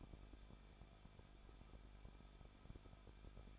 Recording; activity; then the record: daily activity, microphone in the room; no activity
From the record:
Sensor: 5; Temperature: 20.7 degrees Celsius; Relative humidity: 38.5%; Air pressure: 1006.5 hPa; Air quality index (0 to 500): 191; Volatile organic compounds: 20 ppm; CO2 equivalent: 2691 ppm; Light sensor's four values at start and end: 2/3/1/1 and 2/3/1/1